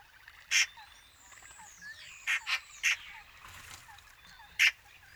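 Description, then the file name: Eurasian magpie giving loud, harsh chacking notes: one early, a quick run of three midway, and one near the end, over gliding whistles from another bird. "Pica pica"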